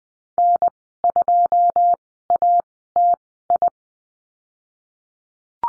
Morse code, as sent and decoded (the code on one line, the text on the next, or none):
-. / ..--- / .- / - / ..
N 2 A T I